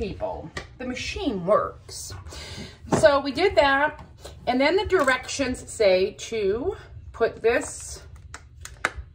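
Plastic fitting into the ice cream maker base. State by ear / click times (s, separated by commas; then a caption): seated / 8.8 s. Someone talks while fitting a plastic part into the base of a Dash My Pint ice cream maker, following the directions. A sharp click at 8.9 s marks the part locking into place, before the machine is turned on.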